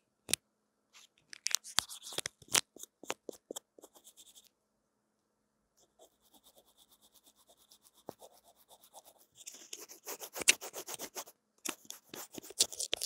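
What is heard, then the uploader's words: Crisp tingles rubbed and tapped against an earphone mic, with sharp clicks and scratchy bursts in quick clusters. A dense run near the start, a quieter patch of soft ticking around six to nine seconds, then louder, busier scraping toward the end. SamsungAKG耳機.強烈刺痛感受. Intense Earphone Mic Tingles | No Talking.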